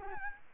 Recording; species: mosquito wingbeat signal from an infrared sensor; Aedes albopictus